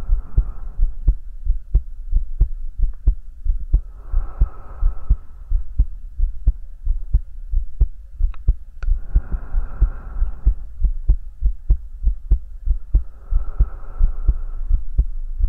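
A close, steady heartbeat thumps low and regular, while soft breaths swell in roughly every four seconds and fade out again.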